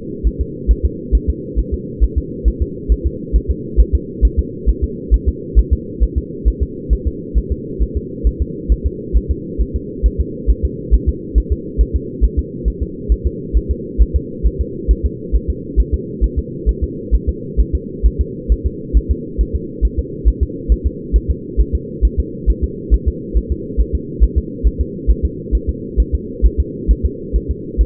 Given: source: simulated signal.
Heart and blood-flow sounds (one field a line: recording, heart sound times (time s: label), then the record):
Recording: fetal heart sounds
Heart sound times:
0.27 s: S1
0.41 s: S2
0.71 s: S1
0.85 s: S2
1.15 s: S1
1.30 s: S2
1.59 s: S1
1.74 s: S2
2.04 s: S1
2.18 s: S2
2.48 s: S1
2.62 s: S2
2.92 s: S1
3.06 s: S2
3.36 s: S1
3.51 s: S2
3.80 s: S1
3.95 s: S2
4.25 s: S1
4.39 s: S2
4.69 s: S1
4.84 s: S2
5.14 s: S1
5.29 s: S2
5.59 s: S1
5.73 s: S2
6.03 s: S1
6.18 s: S2
6.48 s: S1
6.63 s: S2
6.93 s: S1
7.07 s: S2
7.38 s: S1
7.52 s: S2
7.82 s: S1
7.97 s: S2
8.27 s: S1
8.42 s: S2
8.72 s: S1
8.86 s: S2
9.17 s: S1
9.31 s: S2
9.61 s: S1
9.76 s: S2
10.06 s: S1
10.21 s: S2
10.50 s: S1
10.65 s: S2
10.94 s: S1
11.09 s: S2
11.38 s: S1
11.52 s: S2
11.81 s: S1
11.96 s: S2
12.24 s: S1
12.39 s: S2
12.68 s: S1
12.82 s: S2
13.12 s: S1
13.27 s: S2
13.57 s: S1
13.71 s: S2
14.02 s: S1
14.16 s: S2
14.47 s: S1
14.61 s: S2
14.91 s: S1
15.06 s: S2
15.35 s: S1
15.50 s: S2
15.80 s: S1
15.94 s: S2
16.24 s: S1
16.39 s: S2
16.69 s: S1
16.84 s: S2
17.15 s: S1
17.29 s: S2
17.60 s: S1
17.75 s: S2
18.06 s: S1
18.21 s: S2
18.52 s: S1
18.66 s: S2
18.97 s: S1
19.11 s: S2
19.41 s: S1
19.56 s: S2
19.85 s: S1
19.99 s: S2
20.28 s: S1
20.43 s: S2
20.72 s: S1
20.86 s: S2
21.16 s: S1
21.30 s: S2
21.60 s: S1
21.75 s: S2
22.05 s: S1
22.20 s: S2
22.50 s: S1
22.64 s: S2
22.94 s: S1
23.08 s: S2
23.37 s: S1
23.52 s: S2
23.81 s: S1
23.95 s: S2
24.23 s: S1
24.38 s: S2
24.67 s: S1
24.81 s: S2
25.10 s: S1
25.25 s: S2
25.55 s: S1
25.69 s: S2
26.00 s: S1
26.15 s: S2
26.46 s: S1
26.60 s: S2
26.91 s: S1
27.06 s: S2
27.36 s: S1
27.51 s: S2
27.81 s: S1
From the record:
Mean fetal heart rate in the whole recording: 135 bpm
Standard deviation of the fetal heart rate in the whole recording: 3 bpm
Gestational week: 34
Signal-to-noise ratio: -4.1 dB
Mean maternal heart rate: no maternal heart sound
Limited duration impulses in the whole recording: absent